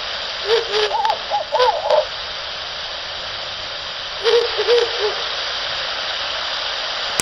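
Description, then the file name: Ural owl hooting, wavering hoots in a short burst, then a quieter pair of hoots after a pause, over steady hiss. Male and female, recorded 18 March 2004. "フクロウ♂♀ 2004031813"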